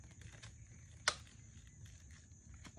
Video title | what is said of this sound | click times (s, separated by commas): Today I will show you how to put together a woom 5 | Until you hear a click. | 1.1 s